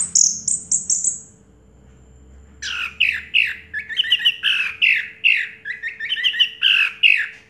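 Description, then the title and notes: Orange-headed thrush opening with a few high clear notes, then after a pause a steady series of rapid repeated chirping notes. Anis merah song in the 'teler' style, with a clear voice. "Anis Merah Teler Suara Jernih. suara anis merah"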